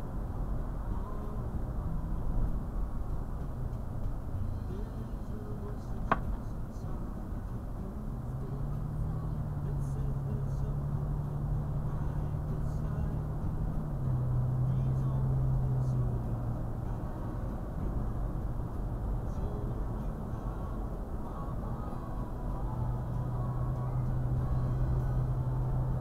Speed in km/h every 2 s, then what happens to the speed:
53, 52, 48, 48, 53, 58, 60, 63, 63, 64, 66, 68, 69.
0-6 steady at about 48. 6-26 speeds up to 69.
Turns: none.